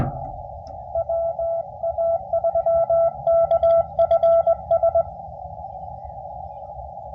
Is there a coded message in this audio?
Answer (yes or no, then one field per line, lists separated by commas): yes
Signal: Morse code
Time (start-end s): 1.0-5.0 s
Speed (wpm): 20 wpm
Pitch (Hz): 670 Hz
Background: none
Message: WA3KFS